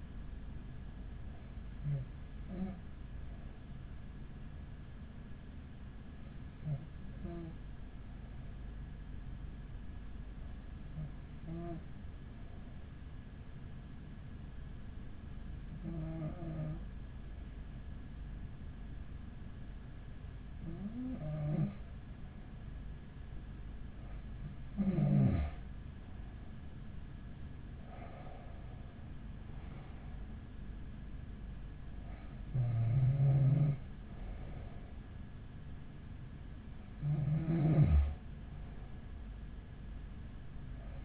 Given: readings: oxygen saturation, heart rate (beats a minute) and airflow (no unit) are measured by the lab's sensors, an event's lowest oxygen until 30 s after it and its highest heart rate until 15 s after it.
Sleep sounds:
breathing in sleep by a smartphone at the bedside; 1
9.00-28.60 s: hypopnea (N2, oxygen 95% highest, then 94% lowest)
16.00-41.05 s: new sleep stage, N1 (lightest sleep)
From the record:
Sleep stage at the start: N2 (light sleep); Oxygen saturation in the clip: 94 to 95%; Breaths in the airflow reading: 9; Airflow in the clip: -6.6 to 9.9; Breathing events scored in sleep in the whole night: 207 in 7.6 hours asleep

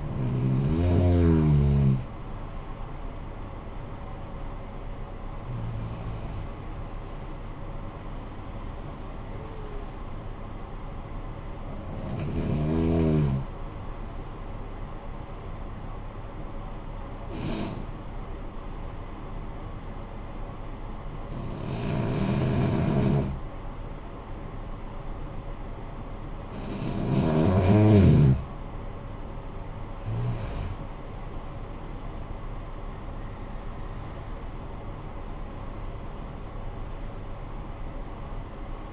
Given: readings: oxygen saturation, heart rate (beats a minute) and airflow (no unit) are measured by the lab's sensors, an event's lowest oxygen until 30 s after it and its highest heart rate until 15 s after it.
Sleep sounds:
breathing in sleep by a smartphone at the bedside; 1
22.00-33.40 s: hypopnea (N1, oxygen 95% highest, then 89% lowest, heart rate 54 at the start, 71 highest)
From the record:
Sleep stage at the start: N1 (lightest sleep); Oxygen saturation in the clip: 90 to 96%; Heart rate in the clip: 50 to 69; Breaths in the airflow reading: 8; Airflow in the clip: -13.0 to 12.3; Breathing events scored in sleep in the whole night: 445 in 7.6 hours asleep

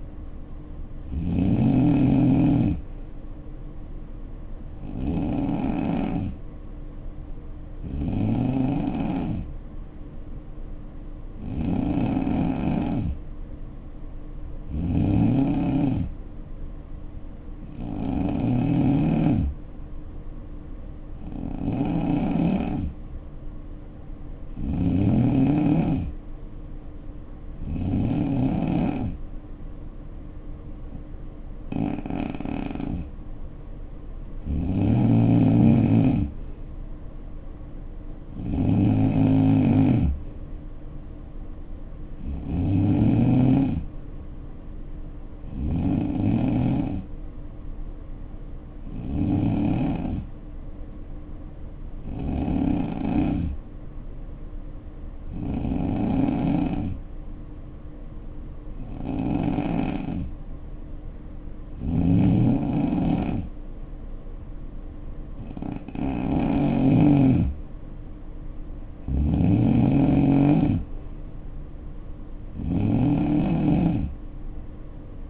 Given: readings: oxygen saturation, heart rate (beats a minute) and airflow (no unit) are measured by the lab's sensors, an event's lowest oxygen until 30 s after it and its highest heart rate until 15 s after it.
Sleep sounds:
breathing in sleep by a smartphone at the bedside; 2
5.00-25.20 s: hypopnea (N2, oxygen 93% highest, then 89% lowest, heart rate 63 at the start, 68 highest)
52.00-67.10 s: hypopnea (N2, oxygen 93% highest, then 89% lowest, heart rate 60 at the start, 68 highest)
From the record:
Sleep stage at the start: N2 (light sleep); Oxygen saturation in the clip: 84 to 93%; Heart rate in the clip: 59 to 68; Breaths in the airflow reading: 22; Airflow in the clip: -7.1 to 3.3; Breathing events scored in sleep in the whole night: 520 in 7.2 hours asleep

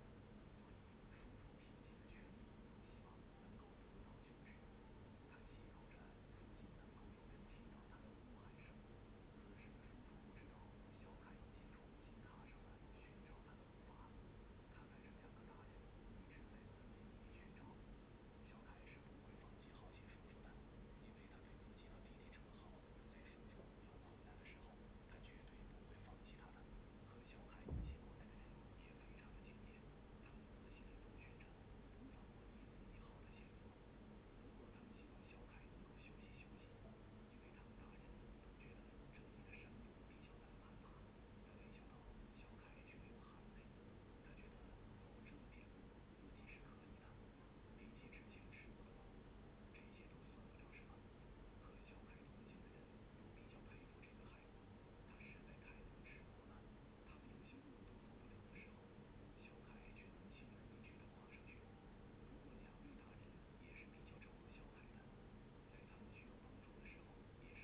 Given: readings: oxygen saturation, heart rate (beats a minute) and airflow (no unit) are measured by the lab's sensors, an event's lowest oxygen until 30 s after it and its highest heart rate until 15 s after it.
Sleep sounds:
a person awake in a sleep study, by a voice recorder at the bedside; none
0.00-67.64 s: awake
From the record:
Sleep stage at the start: awake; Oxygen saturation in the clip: 94 to 96%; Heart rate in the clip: 74 to 81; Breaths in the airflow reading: 16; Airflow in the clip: -4.9 to 6.2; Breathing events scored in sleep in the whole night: 131 in 7.2 hours asleep

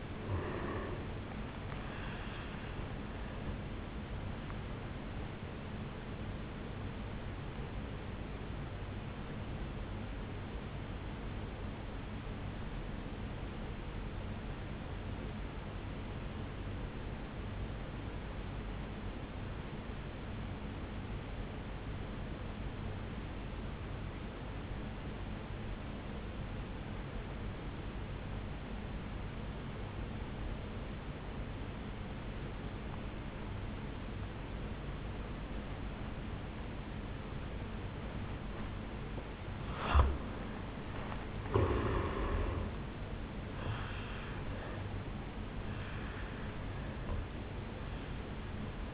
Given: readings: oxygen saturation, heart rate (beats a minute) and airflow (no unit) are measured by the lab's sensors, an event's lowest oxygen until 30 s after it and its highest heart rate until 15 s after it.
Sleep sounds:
breathing in sleep by a voice recorder at the bedside; 1
13.00-41.10 s: obstructive apnea (N1, oxygen 96% highest, then 83% lowest, heart rate 56 at the start, 73 highest)
19.00-48.94 s: new sleep stage, N2 (light sleep)
From the record:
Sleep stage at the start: N1 (lightest sleep); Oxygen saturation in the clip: 83 to 96%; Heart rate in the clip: 53 to 76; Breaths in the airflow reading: 3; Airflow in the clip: -11.5 to 7.5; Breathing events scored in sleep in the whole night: 449 in 7.0 hours asleep

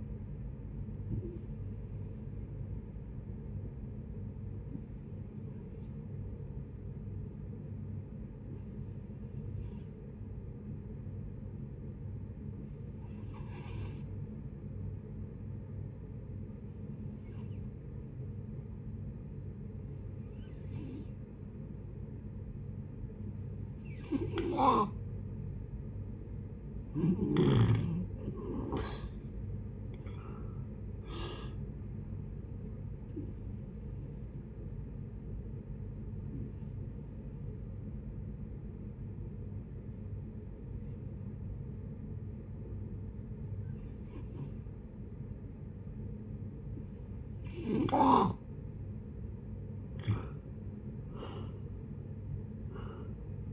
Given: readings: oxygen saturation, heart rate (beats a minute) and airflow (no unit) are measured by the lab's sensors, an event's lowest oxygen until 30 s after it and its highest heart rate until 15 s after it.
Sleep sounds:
breathing in sleep by a smartphone at the bedside; 2
3.00-25.90 s: hypopnea (N2, oxygen 94% highest, then 86% lowest, heart rate 69 at the start, 72 highest)
9.00-53.53 s: new sleep stage, N1 (lightest sleep)
34.00-49.40 s: hypopnea (N1, oxygen 91% highest, then 86% lowest, heart rate 72 at the start, 76 highest)
From the record:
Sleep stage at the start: N2 (light sleep); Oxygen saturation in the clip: 81 to 94%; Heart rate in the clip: 57 to 79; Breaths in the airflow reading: 14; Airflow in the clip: -10.8 to 13.6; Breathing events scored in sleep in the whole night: 496 in 5.4 hours asleep

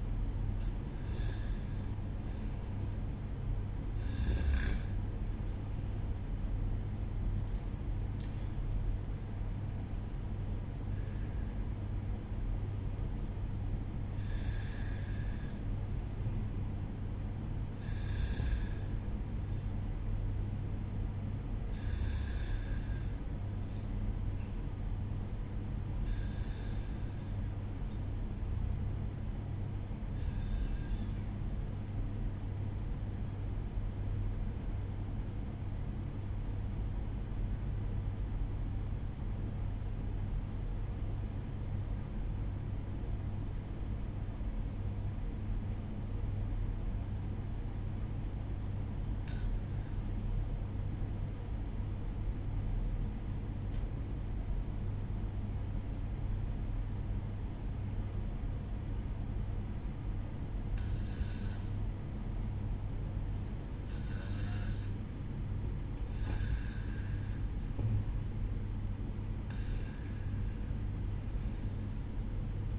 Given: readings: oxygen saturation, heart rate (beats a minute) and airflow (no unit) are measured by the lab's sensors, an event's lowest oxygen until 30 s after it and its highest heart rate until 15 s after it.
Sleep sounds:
breathing in sleep by a smartphone at the bedside; 1
27.00-57.00 s: new sleep stage, N2 (light sleep)
35.00-63.70 s: obstructive apnea (N2, oxygen 95% highest, then 89% lowest, heart rate 66 at the start, 69 highest)
57.00-72.79 s: new sleep stage, REM sleep
From the record:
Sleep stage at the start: N1 (lightest sleep); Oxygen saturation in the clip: 91 to 95%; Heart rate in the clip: 64 to 74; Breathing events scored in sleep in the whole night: 305 in 9.6 hours asleep

